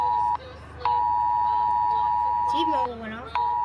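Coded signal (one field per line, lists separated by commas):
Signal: Emergency Alert System (SAME) tones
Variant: 853 and 960 Hz attention tone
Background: speech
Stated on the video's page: Flash flood warning for Hurricane Ian, captured from phones going off and from radio 89.7 FM.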